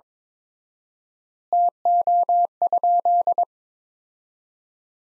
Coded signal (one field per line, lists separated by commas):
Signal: Morse code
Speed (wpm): 22 wpm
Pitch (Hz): 700 Hz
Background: none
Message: TO?